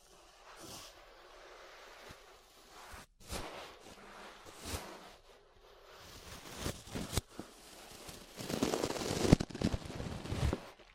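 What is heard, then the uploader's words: Brushing and rubbing against an ear, heard as soft rustling swells with sharp crackling scrapes. The strokes come in irregular bursts, around 1, 3, 5 and 7 seconds, then grow denser and louder from about 8 to 10 seconds, with brief quiet gaps between. ASMR Relaxing 3Dio Ear Brushing (No Talking).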